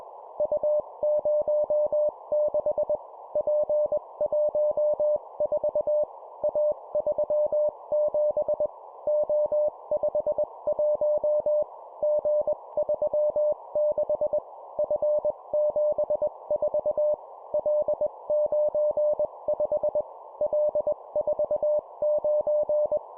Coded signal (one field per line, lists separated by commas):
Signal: Morse code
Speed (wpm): 21 wpm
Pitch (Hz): 600 Hz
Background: none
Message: U06 P14 A37 O51 G36 F74 L95 L49